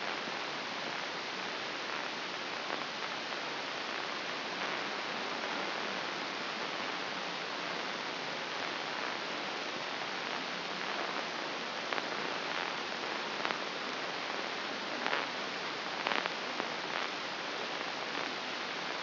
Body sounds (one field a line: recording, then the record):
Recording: brain microelectrode recording played as sound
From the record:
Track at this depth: inside the subthalamic nucleus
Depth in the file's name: 2.733 mm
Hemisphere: left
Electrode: 3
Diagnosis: Parkinson's disease